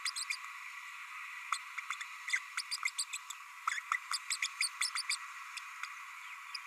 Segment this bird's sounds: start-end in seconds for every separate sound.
0.05-0.10, 0.16-0.24, 1.52-1.57, 2.00-2.03, 2.27-2.39, 2.57-2.61, 2.71-2.77, 2.85-2.90, 2.98-3.04, 3.13-3.17, 3.67-3.79, 3.91-3.97, 4.12-4.18, 4.30-4.36, 4.42-4.47, 4.60-4.68, 4.80-4.90, 4.95-5.02, 5.09-5.16